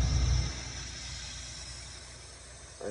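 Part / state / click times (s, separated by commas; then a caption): PLC output module onto rack base hook / not seated / none. A GE Fanuc 90-30 PLC output module is held and lined up on the hook of the plastic rack base before being pushed home. A low rumble in the first half second fades into a steady quiet hiss, with a slight rise in level near 2.8 s. Nothing has seated or clicked yet.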